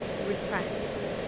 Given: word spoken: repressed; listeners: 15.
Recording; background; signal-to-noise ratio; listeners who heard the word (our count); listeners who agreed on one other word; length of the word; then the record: one English word in noise, from a listening test; speech-shaped noise; -4.9 dB; 1 of 15; 7 of 15; 0.88 s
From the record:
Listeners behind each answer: 7, 5, 2, 1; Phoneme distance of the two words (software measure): 7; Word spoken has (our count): 2 syllables, 7 phonemes, stress on syllable 2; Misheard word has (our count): 2 syllables, 6 phonemes, stress on syllable 2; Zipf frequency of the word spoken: 2.89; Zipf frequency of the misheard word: 2.33